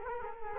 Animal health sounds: mosquito wingbeat signal from an infrared sensor; Culex quinquefasciatus

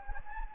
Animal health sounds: mosquito wingbeat signal from an infrared sensor; Anopheles gambiae

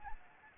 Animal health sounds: mosquito wingbeat signal from an infrared sensor; Anopheles arabiensis

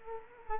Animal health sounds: mosquito wingbeat signal from an infrared sensor; Culex quinquefasciatus

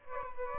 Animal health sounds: mosquito wingbeat signal from an infrared sensor; Aedes albopictus

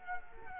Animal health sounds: mosquito wingbeat signal from an infrared sensor; Culex quinquefasciatus

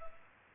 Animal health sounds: mosquito wingbeat signal from an infrared sensor; Culex pipiens

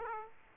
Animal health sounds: mosquito wingbeat signal from an infrared sensor; Aedes aegypti

